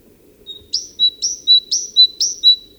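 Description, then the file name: Great tit song: a run of four clear two-note phrases, a high sharp note dropping to a lower whistled one, repeated steadily about twice a second. "Parus major"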